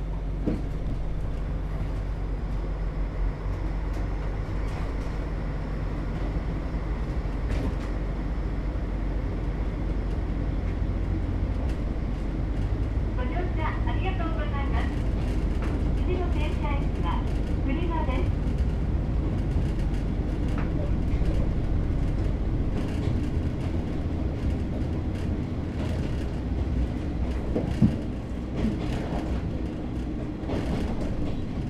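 Riding inside a diesel railcar, a steady low engine drone fills the cabin, with a faint voice murmuring around the middle. After about twenty seconds the deep engine note eases, and sharp wheel clicks and rattles over the rails become more frequent.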